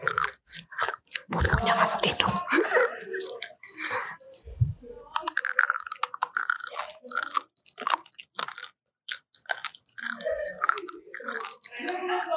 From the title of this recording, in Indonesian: Krauk...krauk...krauk.. | Makaroni Kering Beserta Jajarannya